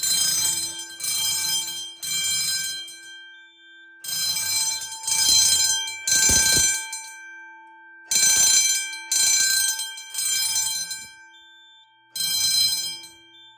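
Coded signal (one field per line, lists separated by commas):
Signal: alarm pattern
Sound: ringing alarm bursts in groups of three with pauses, repeated about four times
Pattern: temporal three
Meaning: Temporal three signals full evacuation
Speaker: then the smoke will put it into full temporal three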